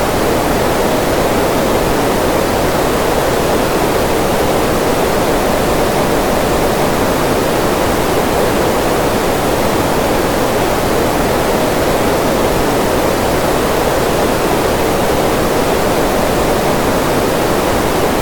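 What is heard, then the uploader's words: Green noise plays as a steady, even hiss that holds unchanged for the full length, with no events or breaks. Its weight sits in the middle range, soft rather than sharp, with a gentle low rumble underneath, much like rushing water. 12 Hour Green Noise.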